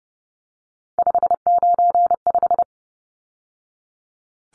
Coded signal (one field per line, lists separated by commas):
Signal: Morse code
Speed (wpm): 30 wpm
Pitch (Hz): 700 Hz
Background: none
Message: 595